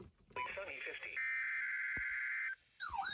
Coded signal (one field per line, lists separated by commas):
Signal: Emergency Alert System (SAME) tones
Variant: header bursts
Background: speech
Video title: First Winter Storm Warning of the 2024-25 Winter Season (EAS #1,497-1,498)